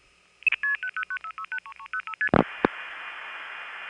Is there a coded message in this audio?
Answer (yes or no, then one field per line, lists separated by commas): yes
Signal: multi-frequency trunk signalling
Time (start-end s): 1.0-2.3 s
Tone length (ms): 70 ms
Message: 06330ST